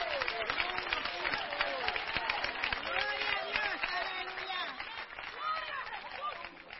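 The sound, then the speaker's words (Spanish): An audience claps steadily for several seconds in worship of God, the scattered hand claps blending with a dense crowd of raised voices calling out and chattering, all at a fairly even, lively loudness. “Algunos aplauden como que a un payaso que están aplaudiendo esta noche, hermano.”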